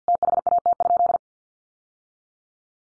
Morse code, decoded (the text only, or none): THAT?